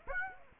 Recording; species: mosquito wingbeat signal from an infrared sensor; Aedes aegypti